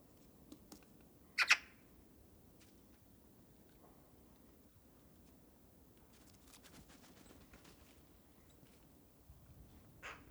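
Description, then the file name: Eurasian magpie giving a single harsh, rasping chatter burst early on, followed by long quiet stretches with faint scratchy noises and a weaker rasp near the end. "Pica pica"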